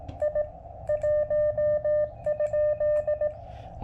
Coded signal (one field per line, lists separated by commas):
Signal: Morse code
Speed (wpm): 16 wpm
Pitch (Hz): 600 Hz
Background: none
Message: I 1?